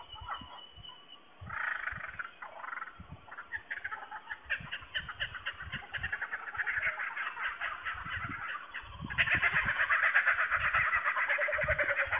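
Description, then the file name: Kookaburras laughing, quiet scattered chuckles building into a dense, loud cackling chorus that rolls on through the final seconds. Several kookaburras recorded in Australia on 19 March 2009. "AUS 090319 Kookaburras"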